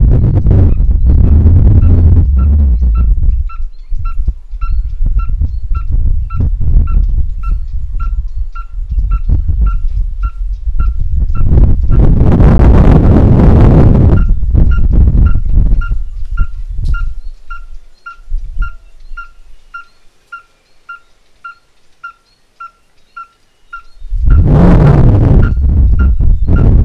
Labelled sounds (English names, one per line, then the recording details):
Red-fronted Tinkerbird
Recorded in northern Uganda